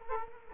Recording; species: mosquito wingbeat signal from an infrared sensor; Culex quinquefasciatus